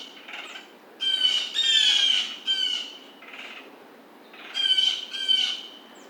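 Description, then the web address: Blue jay giving harsh, nasal jay calls in short bursts, a cluster around one to three seconds and another pair near five seconds, with quieter calls between. Recorded 27 July 2009. "Blue Jay 2009 07 27"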